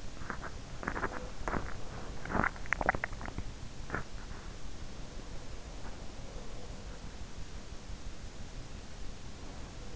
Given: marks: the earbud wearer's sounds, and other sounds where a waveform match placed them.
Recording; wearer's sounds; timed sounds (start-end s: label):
sounds in sleep by an in-ear microphone; teeth grinding
0.00-4.23 s: teeth grinding
6.00-7.37 s: sound from someone else or the room